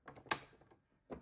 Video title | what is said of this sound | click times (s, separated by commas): How to Set Up WiFi/Bluetooth Connectivity for the ZD421 and ZD621 Printers - Zebra | want to make sure it snaps into place it will click | 0.3 s